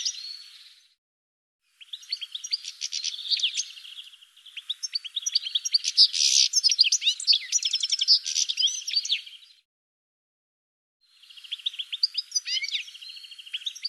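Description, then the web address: Bird song in bursts: a short opening phrase, a gap, then a long loud jumble of chirps and trills, another pause, and a quieter closing phrase. "cianscape birddata"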